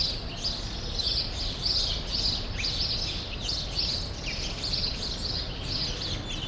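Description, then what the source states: Sparrows keep up a busy chatter of high, clipped chirps, many birds calling at once over a low rumbling background. Group of sparrows in a small remnant of a once-large grove, Rue Saint-Jean Népomucène, Brussels, Belgium; recorded with Earsight V2 AB microphones into a Zoom F3.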